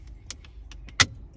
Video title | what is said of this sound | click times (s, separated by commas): 2011 to 2012 Kia Sorento clock spring replacement full video | you could hear that snap so the top is snap in place | 0.3 s